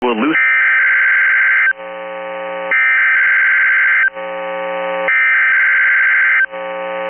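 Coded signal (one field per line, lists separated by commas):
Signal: Emergency Alert System (SAME) tones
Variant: header bursts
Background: speech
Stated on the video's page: Required weekly test received on weather radio station KEC73.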